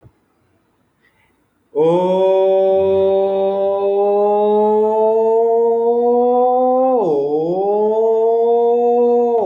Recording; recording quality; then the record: sustained vowel as in boot; excellent, no background noise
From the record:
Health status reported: exposed to COVID-19, no respiratory illness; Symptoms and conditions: loss of smell and taste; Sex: male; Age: 33 years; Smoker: not ticked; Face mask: not worn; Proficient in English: yes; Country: India